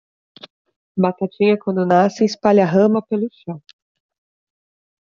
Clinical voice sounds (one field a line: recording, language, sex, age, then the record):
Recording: short text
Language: Brazilian Portuguese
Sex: female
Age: 30 to 39 years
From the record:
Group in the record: control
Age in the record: 34 years